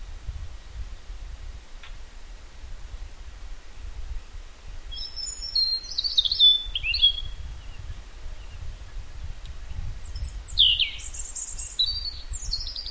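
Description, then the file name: European robin giving two separate high, thin twittering phrases after several seconds of near-silence, with low background hum throughout. "Erithacus rubecula"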